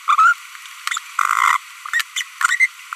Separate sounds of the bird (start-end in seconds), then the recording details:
0.08-0.33, 1.19-1.56, 1.94-2.02, 2.17-2.22, 2.41-2.66. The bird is a female. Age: 25 days. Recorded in a nest box in Venezuela. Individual 17B42B1